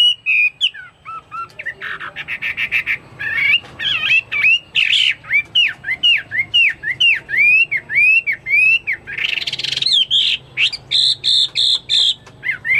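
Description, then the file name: Chinese hwamei song: long series of loud, clear whistled notes, each sharply rising then falling, repeated evenly, with harsher rasping bursts before and after. "omkicau hwamei"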